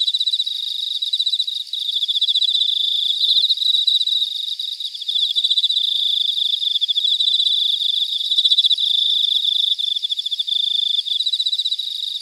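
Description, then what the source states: Cicadas calling in chorus, a loud sustained buzz with rapid rhythmic pulsing and occasional short lulls. Cicadas in Weinan, China; filtered audio.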